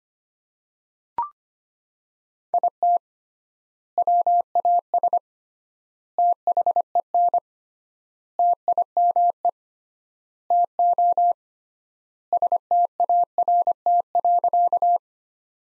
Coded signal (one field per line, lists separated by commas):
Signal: Morse code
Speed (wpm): 25 wpm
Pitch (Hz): 700 Hz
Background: none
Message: IT WAS THEN TIME TO START.